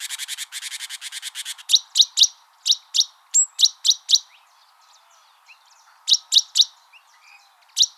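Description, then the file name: Great tit calls: a fast buzzy chatter of rapid notes opens, then sharp sweeping chirps in groups of two to four with short quiet gaps. "Parus major"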